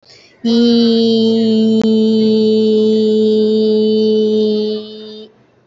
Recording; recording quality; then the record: sustained vowel as in beet; excellent, no background noise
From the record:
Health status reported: healthy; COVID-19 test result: not tested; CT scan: not taken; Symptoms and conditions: none ticked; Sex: female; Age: 24 years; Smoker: no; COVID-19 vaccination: both doses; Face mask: worn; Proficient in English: yes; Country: India